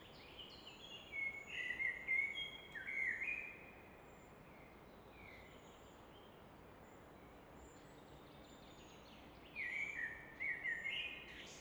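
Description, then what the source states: Common nightingale song in two separated bursts of warbled, slurred whistles, divided by a long stretch of steady rushing background noise. Evening in Fläsch, Switzerland; rushing of the Rhine in the background reflected off a rock wall; recorded with Fostex FR2 and MKH 800.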